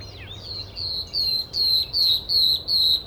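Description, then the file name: Common nightingale song: a series of clear whistled notes repeated about every 0.4 seconds, growing louder through the phrase. "Luscinia megarhynchos"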